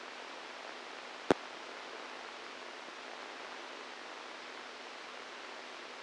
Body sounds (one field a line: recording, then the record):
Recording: brain microelectrode recording played as sound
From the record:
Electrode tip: outside the subthalamic nucleus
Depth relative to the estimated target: 2 mm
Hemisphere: right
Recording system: NeuroSet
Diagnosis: Parkinson's disease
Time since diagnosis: 8 years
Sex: male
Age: 46 years